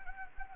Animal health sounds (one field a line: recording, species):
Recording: mosquito wingbeat signal from an infrared sensor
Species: Anopheles gambiae